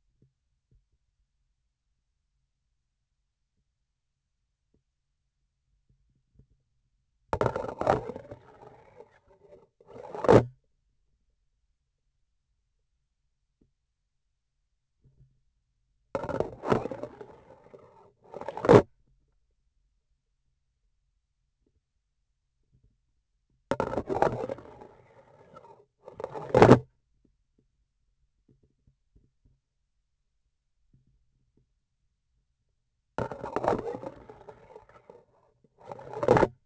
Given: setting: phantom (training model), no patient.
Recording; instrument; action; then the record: laparoscopic instrument, vibration sensor on the handle end; grasping forceps; insertion and removal through the trocar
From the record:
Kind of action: spatial motion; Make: other than Olympus